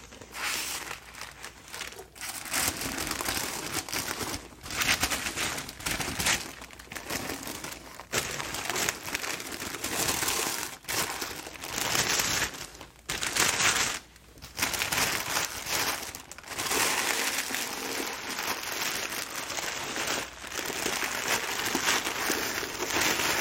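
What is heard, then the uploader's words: Paper packaging is crumpled and crinkled almost without pause, a dense, bright rustling that swells and thins in bursts. Short gaps of near silence fall around 2, 8, 11, 13 and 14 seconds, and the handling grows busier and louder through the final stretch. All The Paper Packaging Sounds. Today, I’ll help take care of checking out all your items, carefully inspecting them and then packaging them together, in some lovely crinkly paper and tissue paper.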